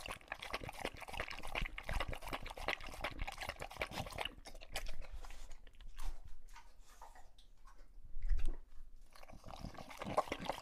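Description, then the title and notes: English Bulldog lapping water in quick, dense wet splashes for about four seconds, then sparser laps and a low thump near the end. Male English Bulldog named Lucho drinking from a water bowl after a long walk, breathing heavily and out of breath between drinks. "English Bulldog Drinks from Water Bowl - Weird Sounds. listen to Lucho the English Bulldog as he tries to drink water after a long walk. Don't let his heavy breathing fool you in between drinks, he's equally out of breath from the walk"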